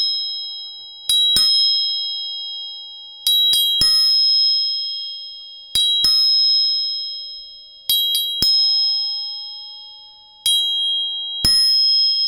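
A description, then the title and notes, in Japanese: Tuning forks are struck about every two seconds, often in quick pairs, each giving a bright metallic ping that rings and slowly fades. 音叉チューニング3本。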